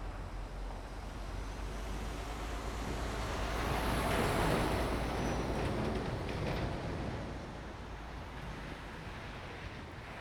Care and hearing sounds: everyday scene through a hearing-aid microphone; in traffic; traffic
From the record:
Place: main road on the outskirts, rush hour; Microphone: behind the ear, right, rear

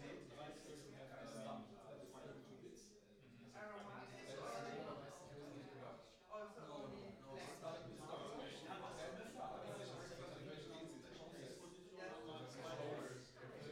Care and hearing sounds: everyday scene through a hearing-aid microphone; many people talking; many voices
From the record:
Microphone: in the ear canal, right

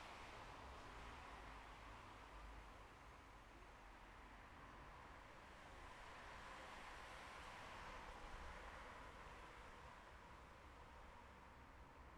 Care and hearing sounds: everyday scene through a hearing-aid microphone; in traffic; traffic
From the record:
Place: bus stop on a city main road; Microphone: behind the ear, left, rear

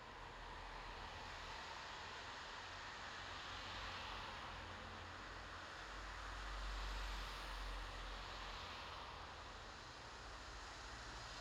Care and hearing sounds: everyday scene through a hearing-aid microphone; in traffic; traffic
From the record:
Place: bus stop on a city main road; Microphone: in the ear canal, left

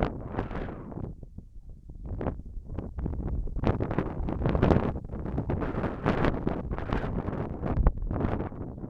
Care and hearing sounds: everyday scene through a hearing-aid microphone; wind on the microphone; wind, whistling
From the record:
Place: in front of a rural house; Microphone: behind the ear, left, front

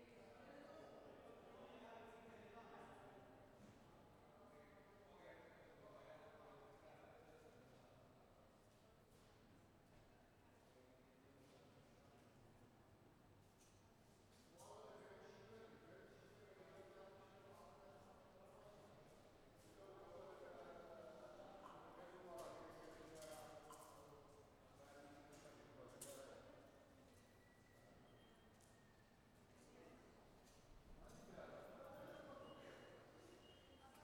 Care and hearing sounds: everyday scene through a hearing-aid microphone; reverberant space; background noise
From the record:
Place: railway station hall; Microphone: behind the ear, left, rear

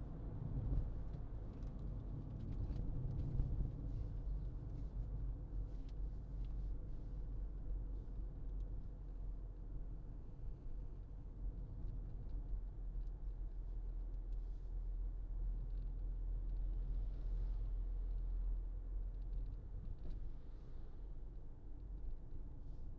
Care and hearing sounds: everyday scene through a hearing-aid microphone; in a vehicle; engine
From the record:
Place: Berlingo II, diesel engine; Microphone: in the ear canal, left

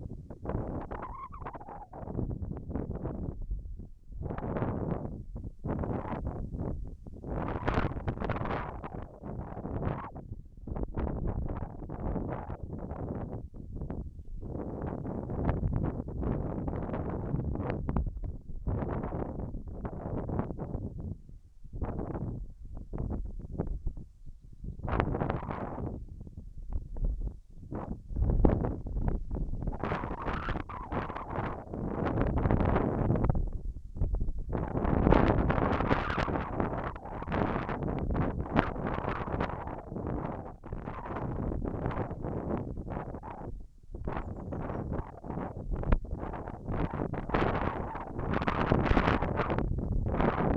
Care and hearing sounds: everyday scene through a hearing-aid microphone; wind on the microphone; wind, whistling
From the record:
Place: in front of a rural house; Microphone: behind the ear, left, rear

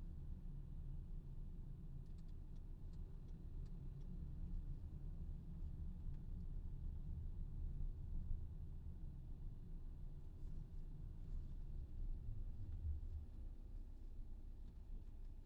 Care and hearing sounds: everyday scene through a hearing-aid microphone; in a vehicle; engine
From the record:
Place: VW T5 Caravelle, diesel engine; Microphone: in the ear canal, left

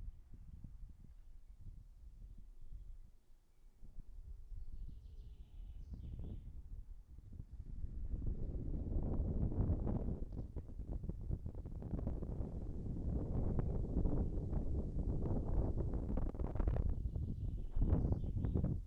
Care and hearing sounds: everyday scene through a hearing-aid microphone; wind on the microphone; wind, birds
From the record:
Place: in front of a rural house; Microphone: behind the ear, right, rear

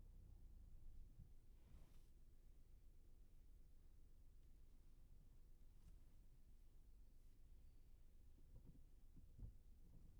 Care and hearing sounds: everyday scene through a hearing-aid microphone; in a vehicle; engine, traffic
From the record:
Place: Skoda Fabia, gasoline engine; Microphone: behind the ear, right, front

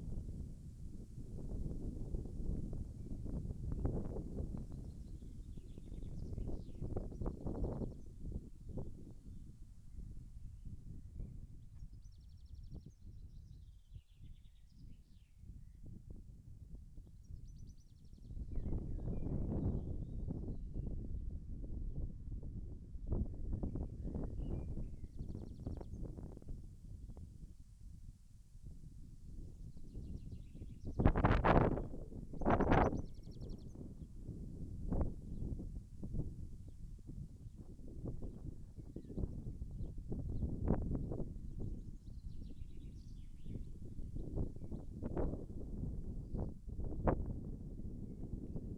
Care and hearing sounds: everyday scene through a hearing-aid microphone; wind on the microphone; wind, birds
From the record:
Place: in front of a rural house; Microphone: behind the ear, left, rear

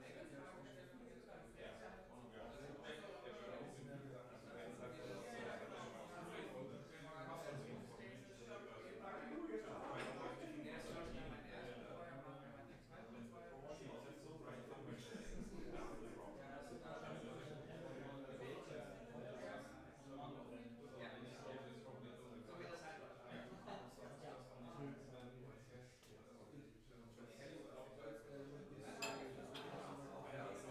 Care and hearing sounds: everyday scene through a hearing-aid microphone; many people talking; many voices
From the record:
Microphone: behind the ear, left, front

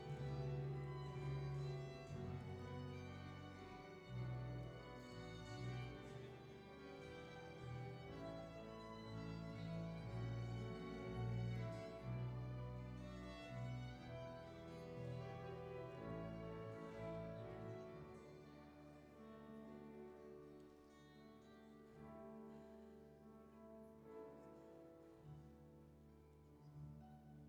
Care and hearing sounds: everyday scene through a hearing-aid microphone; reverberant space; music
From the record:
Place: church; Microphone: behind the ear, right, front

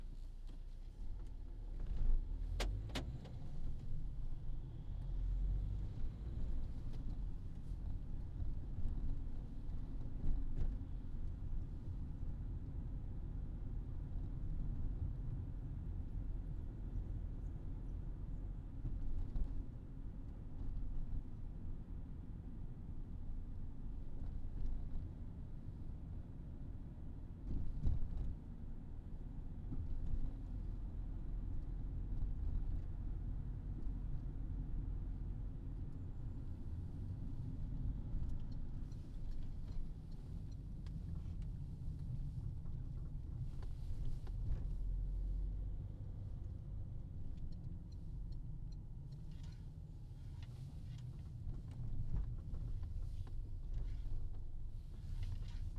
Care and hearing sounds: everyday scene through a hearing-aid microphone; in a vehicle; engine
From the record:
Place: Berlingo II, diesel engine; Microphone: in the ear canal, left

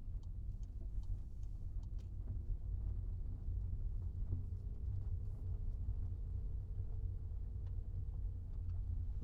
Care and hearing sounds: everyday scene through a hearing-aid microphone; in a vehicle; engine, rumble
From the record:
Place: Skoda Fabia, gasoline engine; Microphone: in the ear canal, right

